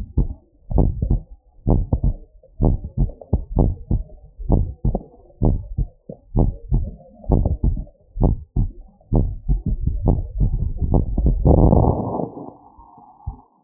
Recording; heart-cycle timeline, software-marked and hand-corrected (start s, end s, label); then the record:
heart sounds
0.00	0.18	systole
0.18	0.28	S2
0.28	0.74	diastole
0.74	0.88	S1
0.88	1.08	systole
1.08	1.22	S2
1.22	1.72	diastole
1.72	1.84	S1
1.84	2.04	systole
2.04	2.16	S2
2.16	2.62	diastole
2.62	2.76	S1
2.76	2.98	systole
2.98	3.10	S2
3.10	3.60	diastole
3.60	3.74	S1
3.74	3.92	systole
3.92	4.02	S2
4.02	4.50	diastole
4.50	4.66	S1
4.66	4.86	systole
4.86	4.96	S2
4.96	5.42	diastole
5.42	5.56	S1
5.56	5.78	systole
5.78	5.88	S2
5.88	6.36	diastole
6.36	6.50	S1
6.50	6.72	systole
6.72	6.84	S2
6.84	7.30	diastole
7.30	7.42	S1
7.42	7.64	systole
7.64	7.74	S2
7.74	8.20	diastole
8.20	8.34	S1
8.34	8.56	systole
8.56	8.68	S2
8.68	9.14	diastole
9.14	13.64	noise
From the record:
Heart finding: normal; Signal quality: good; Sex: male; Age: 60 years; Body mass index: 26.8